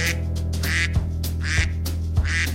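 A duck quacks four times in a steady rhythm, each call a loud, raspy, nasal burst, with a low continuous hum running underneath.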